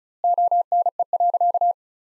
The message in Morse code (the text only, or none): ONE.